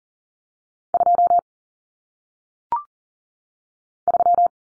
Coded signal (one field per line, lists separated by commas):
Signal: Morse code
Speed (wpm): 40 wpm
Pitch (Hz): 700 Hz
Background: none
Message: 2 3